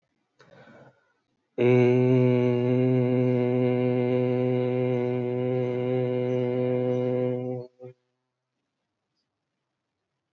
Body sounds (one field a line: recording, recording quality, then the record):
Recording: sustained vowel as in made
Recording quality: excellent, no background noise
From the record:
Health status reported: healthy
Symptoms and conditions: none ticked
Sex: male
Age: 35 years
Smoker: not ticked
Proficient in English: yes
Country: India